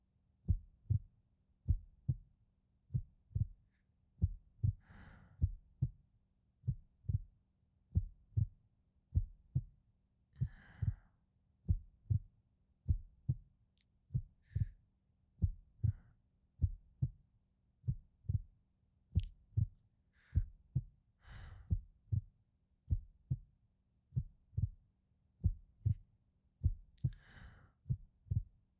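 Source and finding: Heart, close-miked. Normal heartbeat.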